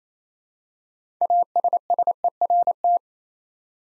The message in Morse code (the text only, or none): ASSERT